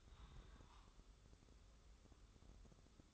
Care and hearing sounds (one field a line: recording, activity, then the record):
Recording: daily activity, microphone in the room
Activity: take from stove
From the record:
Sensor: 3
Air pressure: 995.3 hPa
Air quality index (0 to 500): 85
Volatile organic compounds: 8 ppm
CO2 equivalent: 2072 ppm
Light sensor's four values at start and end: 26/79/33/28 and 26/79/33/28